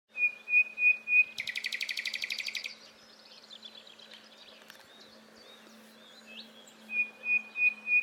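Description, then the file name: Common nightingale song: pure whistled notes repeated, a harsh buzzy rapid trill, softer twitters, then the clear whistles return. "Luscinia megarhynchos"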